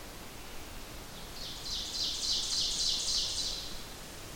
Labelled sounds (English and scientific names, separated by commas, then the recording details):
Ovenbird (Seiurus aurocapilla) song
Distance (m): 45 m
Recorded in boreal forest in Alberta, Canada, on 28 June 2016 at 06:06
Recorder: SongMeter 3, array SBT-6-79
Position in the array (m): 271 m, 30 m
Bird 39